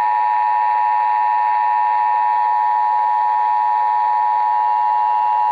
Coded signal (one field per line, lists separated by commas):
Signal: Emergency Alert System (SAME) tones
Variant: 853 and 960 Hz attention tone